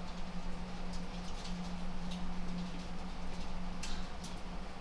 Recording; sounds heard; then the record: poultry house recording; no chicken sound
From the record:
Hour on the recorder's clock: 21